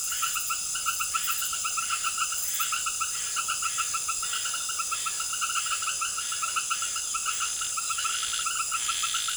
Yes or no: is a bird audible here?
no